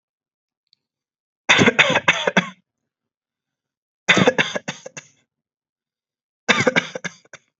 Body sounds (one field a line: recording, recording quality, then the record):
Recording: shallow voluntary cough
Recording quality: excellent, no background noise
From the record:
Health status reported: exposed to COVID-19, no respiratory illness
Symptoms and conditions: none ticked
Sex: male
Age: 26 years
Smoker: not ticked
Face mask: not worn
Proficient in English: yes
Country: India